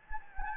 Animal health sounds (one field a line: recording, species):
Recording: mosquito wingbeat signal from an infrared sensor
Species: Anopheles gambiae